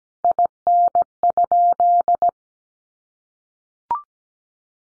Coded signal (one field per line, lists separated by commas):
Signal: Morse code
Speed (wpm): 17 wpm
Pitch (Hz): 700 Hz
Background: none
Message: IN?